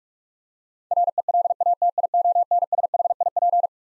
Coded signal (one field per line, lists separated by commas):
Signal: Morse code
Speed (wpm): 41 wpm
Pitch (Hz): 700 Hz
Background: none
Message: RELATIONSHIP